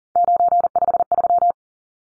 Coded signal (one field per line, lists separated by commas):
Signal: Morse code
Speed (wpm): 40 wpm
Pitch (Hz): 700 Hz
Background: none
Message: 953